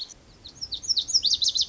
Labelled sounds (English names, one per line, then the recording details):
Lazuli Bunting
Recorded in Sonoma County, California